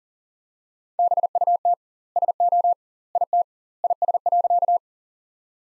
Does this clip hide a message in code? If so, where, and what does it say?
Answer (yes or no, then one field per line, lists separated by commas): yes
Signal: Morse code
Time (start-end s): 1.0-4.8 s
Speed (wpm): 40 wpm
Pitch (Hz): 700 Hz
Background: none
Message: BUT SO IT IS.